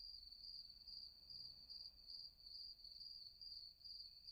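Cricket chirps: bright, high, ringing pulses repeating about twice a second, with a muffled low rumble in the background.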